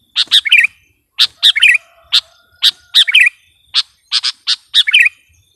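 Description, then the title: Sooty-headed bulbul delivering quick chip notes mixed with short bubbly descending twitters, in lively bursts. "kutilang"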